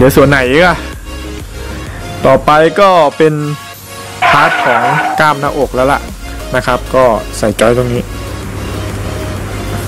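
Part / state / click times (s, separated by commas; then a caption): plastic joint into the chest part of a brick-built figure / not seated / none. Someone talks over background music while handling a plastic ball joint for the chest section of a Hulk brick-built figure, about to push it into its socket. Nothing has seated or clicked yet; the clip ends just before the joint goes home.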